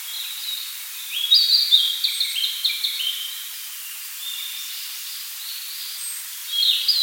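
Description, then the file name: Narcissus flycatcher giving a full phrase of bright, stepped whistles, then a long pause, and a new phrase starting at the end. "Ficedula narcissina"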